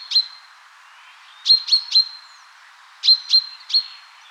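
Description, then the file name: Common chaffinch giving short, sharp metallic calls, a single one and then two groups of three, with about a second of quiet between the groups. "Fringilla coelebs"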